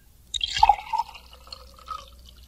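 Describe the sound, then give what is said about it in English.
Beaujolais wine is poured into a glass: a splashy start, then a steady trickling gurgle with a faint ringing tone, lasting about two seconds with no one talking. “This is a glass of Beaujolais.”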